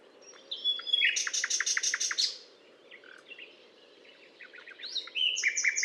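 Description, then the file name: Common nightingale song with a fast series of sharp repeated notes, a quieter stretch of soft varied notes, then bright, loud phrases. Recorded at the Butte calcaire de Gratacap, France, on 19 May 2012. "rossignol philomele Butte calcaire de Gratacap"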